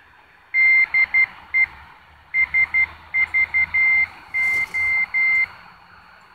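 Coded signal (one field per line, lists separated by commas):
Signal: Morse code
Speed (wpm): 12 wpm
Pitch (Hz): 2100 Hz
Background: none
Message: DE SVO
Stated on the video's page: Morse from the coast station SVO on 8424 kHz, received at 2073 km distance on a Tecsun PL-600 with its built-in whip antenna.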